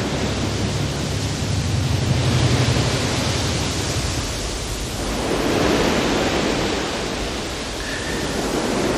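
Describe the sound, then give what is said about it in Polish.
A continuous wash of sea surf, a dense hissing roar that swells and eases as a wave rolls in around the middle, with no voices. “Mam taką własną teorię, że te utwory, które zawierają w sobie dźwięki szumu morza albo rzeki, albo jakiegokolwiek zbiornika wodnego, są ważne.”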